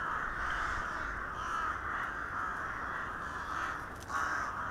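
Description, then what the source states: Crows calling as a flock, rasping caws layered over one another continuously, louder again near the end. Several crows recorded in December 2021 in Hernals, Vienna, Austria.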